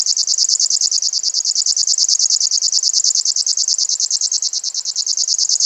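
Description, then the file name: River warbler singing a long, unbroken, mechanical zizz of fast regular pulses, cricket-like and steady throughout, with no other clear sounds. "sverchok rechnojj"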